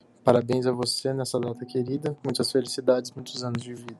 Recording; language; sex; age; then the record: short text; Brazilian Portuguese; male; 30 to 39 years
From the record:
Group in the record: control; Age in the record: 31 years